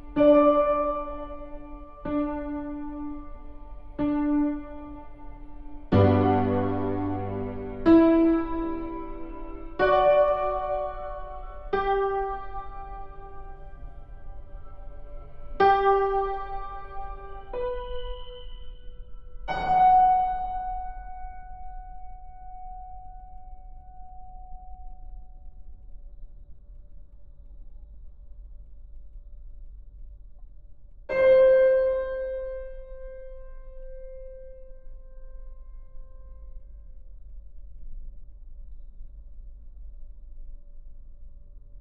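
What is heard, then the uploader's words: A computer-generated piano plays an old song slowly, one ringing note or chord every two seconds or so, with a denser cluster around six to eight seconds. After a long fading tone near twenty seconds comes a pause, then one final note rings out. A low hum runs underneath. Collaged piano based on the folk song The Housewife’s Lament.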